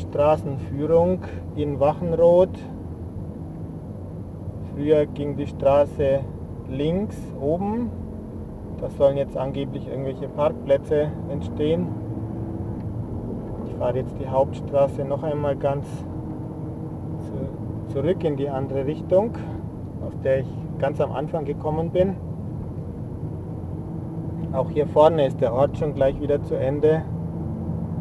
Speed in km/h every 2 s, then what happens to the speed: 19, 19, 18, 16, 17, 25, 30, 31, 32, 31, 31, 33, 31, 34.
0-7 steady at about 18. 7-13 speeds up to 31. 13-28 steady at about 31.